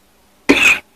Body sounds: coughing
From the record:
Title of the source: 64 coughing, allergies, singing lungs

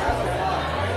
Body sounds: background sound without coughing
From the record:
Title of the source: CITY SOUNDS Busy Bar in the Evening Night - 2 HOURS of Ambiance for Relaxation

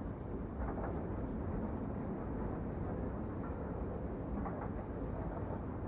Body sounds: background sound without coughing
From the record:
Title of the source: Train Ride Ambience ambient white noise for sleeping, focus, studying, reading

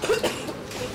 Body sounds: coughing mixed with background sound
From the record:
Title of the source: 61 morning phlegmy cough...again

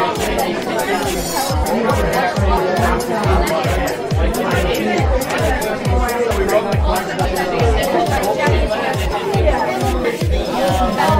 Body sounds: background sound without coughing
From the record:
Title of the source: Nightlife Party Simulating Party Club Noise 1 Hour

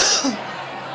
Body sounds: coughing mixed with background sound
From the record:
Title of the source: November cold (wet coughing)

